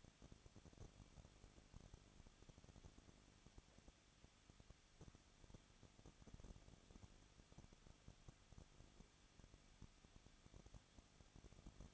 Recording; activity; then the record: daily activity, microphone in the room; no activity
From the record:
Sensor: 4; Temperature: 23.0 degrees Celsius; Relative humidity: 34.4%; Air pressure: 1007.4 hPa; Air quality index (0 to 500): 212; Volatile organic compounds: 14 ppm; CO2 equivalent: 2442 ppm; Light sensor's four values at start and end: 2/3/1/1 and 2/3/1/1